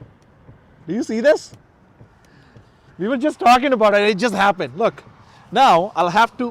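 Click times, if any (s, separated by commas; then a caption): none. Someone talks over quiet outdoor background while handling the rear trunk latch on an electric pickup truck after the trunk failed to lock fully. Only a faint, brief sound is heard around 2.3 s between the speech. Nothing has clicked or latched yet by the end.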